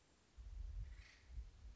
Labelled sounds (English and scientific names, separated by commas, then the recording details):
Acorn Woodpecker (Melanerpes formicivorus)
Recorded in Sonoma County, California